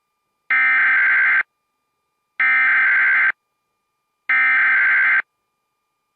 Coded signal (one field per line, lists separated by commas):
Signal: Emergency Alert System (SAME) tones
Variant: header bursts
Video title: EAS 911 Telephone Outage Emergency #1 On WJON 10/12/20